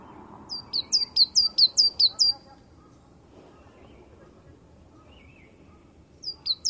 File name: 煤山雀